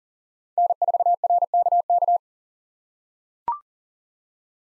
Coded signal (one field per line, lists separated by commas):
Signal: Morse code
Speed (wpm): 40 wpm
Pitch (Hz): 700 Hz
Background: none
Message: N4RKK